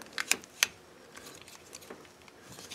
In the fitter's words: get everything snapped in place. There.